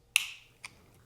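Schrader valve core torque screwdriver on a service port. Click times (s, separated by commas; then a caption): 0.2 s. A Schrader valve core torque screwdriver is turned on a service port until its clutch clicks at the set torque. A sharp click is heard at 0.2 seconds, followed by a fainter click at 0.7 seconds. The core is now torqued to Schrader specification so it will not leak.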